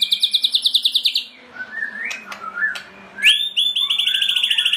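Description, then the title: White-rumped shama song: a fast high trill, then soft rising whistled notes, then a bright rising whistle leading into another rapid trill. Master recording (masteran) for training birds. "MURAI BATU LABAIK"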